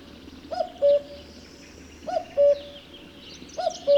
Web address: Spev Vtakov kukucka